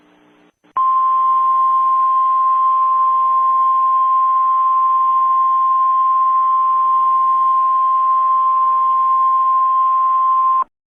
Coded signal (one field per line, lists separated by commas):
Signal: Emergency Alert System (SAME) tones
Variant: 1050 Hz attention tone